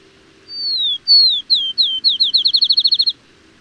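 Bird song: a few long descending whistles followed by a quickening series of short, clear notes, ending in a rapid even run.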